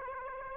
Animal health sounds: mosquito wingbeat signal from an infrared sensor; Aedes aegypti

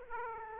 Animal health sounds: mosquito wingbeat signal from an infrared sensor; Aedes aegypti

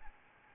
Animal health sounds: mosquito wingbeat signal from an infrared sensor; Aedes albopictus

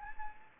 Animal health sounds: mosquito wingbeat signal from an infrared sensor; Anopheles gambiae

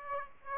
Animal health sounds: mosquito wingbeat signal from an infrared sensor; Aedes aegypti

